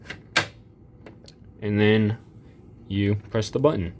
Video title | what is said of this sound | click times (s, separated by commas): Jazwares chica and foxy figure/set review | It's hard to do one-handed like I said, but you hear it snap in place. | 0.4 s